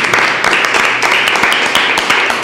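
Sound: audience applause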